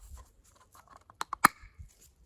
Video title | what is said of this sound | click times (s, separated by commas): DIY - 2014 Opel Corsa D 1.4: Full service (air, cabin, oil filters, spark plugs and oil) | towards the cap, and you press until you hear a firm click. | 1.2 s, 1.3 s, 1.5 s